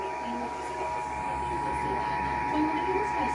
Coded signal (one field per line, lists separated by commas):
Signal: Emergency Alert System (SAME) tones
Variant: 853 and 960 Hz attention tone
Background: speech